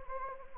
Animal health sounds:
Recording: mosquito wingbeat signal from an infrared sensor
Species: Anopheles gambiae

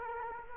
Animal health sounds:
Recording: mosquito wingbeat signal from an infrared sensor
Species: Culex quinquefasciatus

